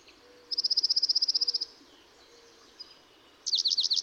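Dark-eyed junco song: an even, rapid high trill of about a second, then quiet with faint low whistles, then a wavering trill begins.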